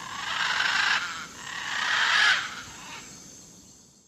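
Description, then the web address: Blue-and-yellow Macaw giving two long, harsh, raspy squawks, the second swelling louder before fading, followed by a quieter rasping tail. Recorded in the eastern lowlands of South America. "Natures Songs S America Eastern Lowlands. Blue-and-yellow Macaw"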